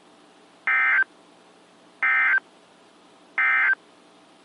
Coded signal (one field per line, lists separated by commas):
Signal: Emergency Alert System (SAME) tones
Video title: EAS #1052-1060 (8/13/21)